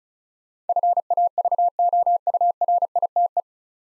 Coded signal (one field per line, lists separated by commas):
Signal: Morse code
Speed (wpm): 36 wpm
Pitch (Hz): 700 Hz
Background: none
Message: FAVOURITE